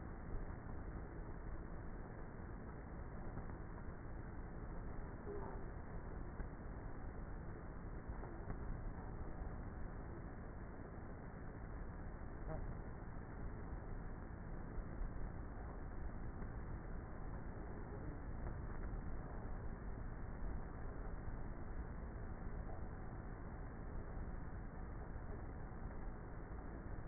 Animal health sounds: honeybee colony, microphone inside the hive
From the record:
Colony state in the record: queenless with a low population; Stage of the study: before two queens were removed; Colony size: about 30,000 bees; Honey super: no

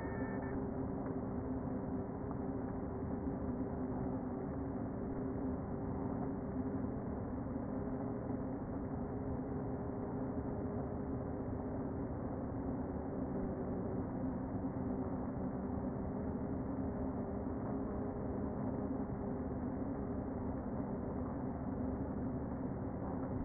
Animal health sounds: honeybee colony, microphone inside the hive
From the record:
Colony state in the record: queen present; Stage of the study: before two queens were removed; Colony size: about 60,000 bees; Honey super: yes

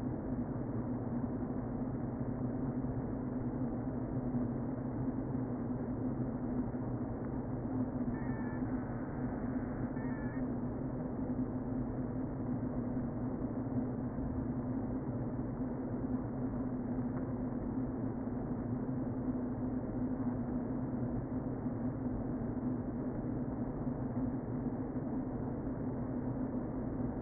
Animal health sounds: honeybee colony, microphone inside the hive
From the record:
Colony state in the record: queen present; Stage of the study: before two queens were removed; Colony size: about 60,000 bees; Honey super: yes

